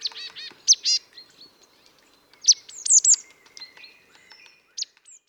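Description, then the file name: Marsh tit calls: a few nasal, buzzy notes at the start, then scattered sharp high chips. "Poecile palustris"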